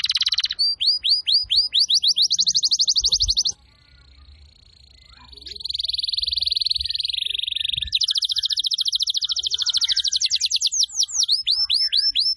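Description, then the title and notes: Canary singing: swooping chirps and fast trills, a soft buzzy rolling section, then a loud rapid trill and looping notes at the end. Song used as a lure to attract birds. "Pikat Burung Baru. kenari"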